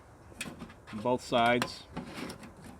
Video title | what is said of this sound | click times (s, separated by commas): Titanium Tent Stove For Winter Camping | And then go ahead and swing these locks into place. Front and back, | 0.4 s